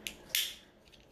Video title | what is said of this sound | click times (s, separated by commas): Nomadik Unboxing | right there camp carabiner it's just nice little snaps | 0.1 s, 0.3 s